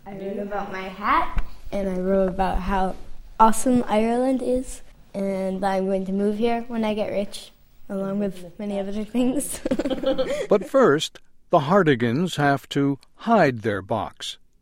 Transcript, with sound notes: “I wrote about my hat and about how awesome Ireland is, and I am going to move here when I get rich, along with many other things. [Laughs]
But, first, the Hartigans have to hide their box.